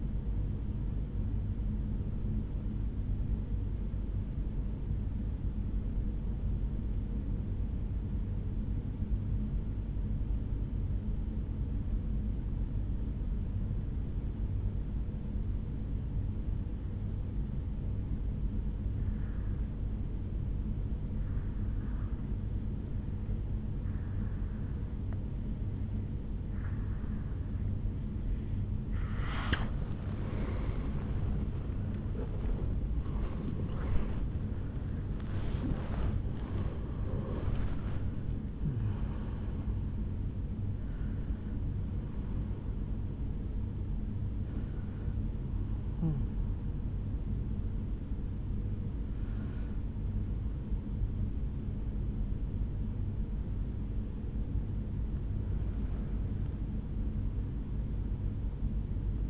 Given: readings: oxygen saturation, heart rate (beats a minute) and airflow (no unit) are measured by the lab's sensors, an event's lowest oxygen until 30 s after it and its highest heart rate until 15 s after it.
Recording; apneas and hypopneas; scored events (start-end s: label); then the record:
breathing in sleep by a smartphone at the bedside; 1
1.00-31.00 s: new sleep stage, N2 (light sleep)
7.00-29.10 s: obstructive apnea (N2, oxygen 97% highest, then 91% lowest, heart rate 60 at the start, 81 highest)
31.00-59.30 s: new sleep stage, awake
32.00-59.30 s: awake
From the record:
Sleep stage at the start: N1 (lightest sleep); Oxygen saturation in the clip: 91 to 97%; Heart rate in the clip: 56 to 81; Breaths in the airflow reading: 8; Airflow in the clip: -9.6 to 9.7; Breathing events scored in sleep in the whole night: 449 in 7.0 hours asleep